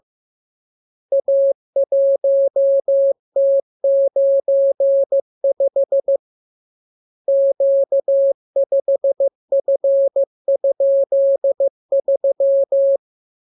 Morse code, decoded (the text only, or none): A1T95 Q5F?3